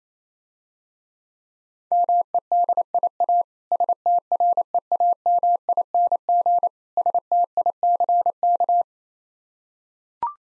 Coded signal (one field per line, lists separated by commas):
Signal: Morse code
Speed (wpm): 27 wpm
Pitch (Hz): 700 Hz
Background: none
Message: MEDIA STREAMING STICK